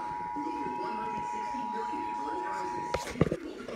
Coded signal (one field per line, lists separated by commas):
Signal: Emergency Alert System (SAME) tones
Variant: 853 and 960 Hz attention tone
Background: speech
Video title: Flash Flood Warning EAS #59